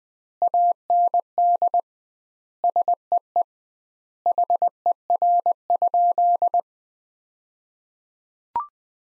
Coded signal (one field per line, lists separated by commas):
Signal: Morse code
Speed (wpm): 21 wpm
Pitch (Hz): 700 Hz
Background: none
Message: AND SEE HER?